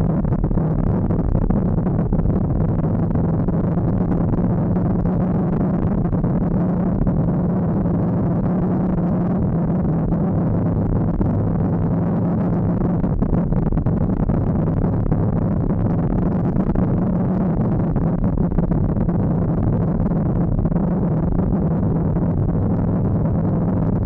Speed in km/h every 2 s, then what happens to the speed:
53, 56, 56, 55, 52, 53, 51, 56, 55, 45, 43, 42.
0-15 steady at about 53. 15-20 slows to 43.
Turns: none.